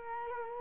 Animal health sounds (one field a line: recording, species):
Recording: mosquito wingbeat signal from an infrared sensor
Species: Culex quinquefasciatus